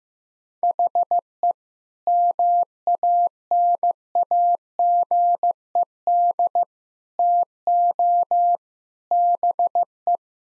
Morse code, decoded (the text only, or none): HE MANAGED TO BE